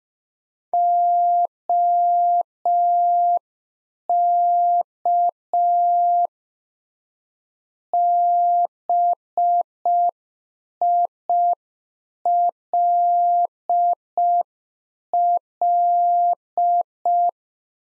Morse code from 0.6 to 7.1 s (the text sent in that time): OK